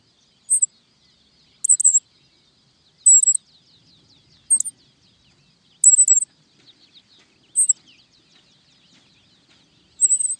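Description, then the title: Black-masked finch giving seven sharp, very high, brief calls spaced a second or more apart, over faint background chirps. "LuckyPassaro Completos2Sama. Black-masked Finch (Coryphaspiza melanotis)"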